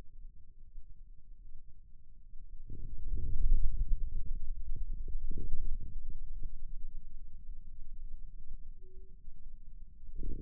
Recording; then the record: forearm muscle sounds (acoustic myography)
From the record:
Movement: radial deviation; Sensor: system 2, bracelet of six BSWA MPA416 microphones around the upper forearm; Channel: 1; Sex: male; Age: 22 years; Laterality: right